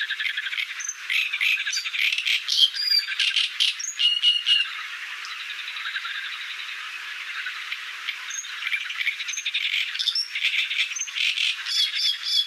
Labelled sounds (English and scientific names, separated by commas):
Great Reed Warbler (Acrocephalus arundinaceus) song